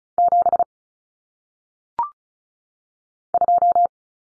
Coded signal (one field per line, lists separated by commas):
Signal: Morse code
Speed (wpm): 36 wpm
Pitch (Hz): 700 Hz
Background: none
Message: 7 2